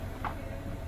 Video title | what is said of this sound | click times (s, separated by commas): Ternyata ini fungsi Pentil Rem Tangan (port parking brake) truk Scania P410 XT | Bisa masuk? // Bisa. Usahakan sudah terkunci ya. | 0.2 s